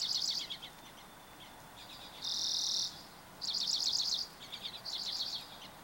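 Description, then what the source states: Bird song of rapid high trilled bursts with brief gaps, and one sustained buzzy hiss midway. Birds recorded on 24 April 2023.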